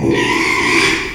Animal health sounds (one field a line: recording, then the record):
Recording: squeal of a Yucatan mini pig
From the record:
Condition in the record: after surgery on the right vocal fold (resection and tissue-engineered implant)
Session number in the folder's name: 1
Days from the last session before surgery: 6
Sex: male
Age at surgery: 12 weeks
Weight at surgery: 13 kg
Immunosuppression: cyclosporine, prednisolone